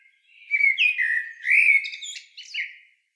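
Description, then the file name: Eurasian blackbird delivering one continuous mellow warbled phrase of looping fluty whistles with higher squeaky flourishes near the end. "Turdus merula"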